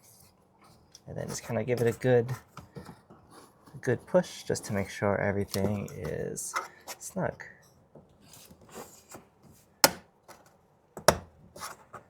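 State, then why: Seated. Someone talks while a new Lexland RGB LED interior light housing is pushed into its opening in the plastic interior trim panel of a 4th Gen Tacoma. Two sharp snaps ring out at 9.8 s and 11.1 s as the housing seats firmly in the trim.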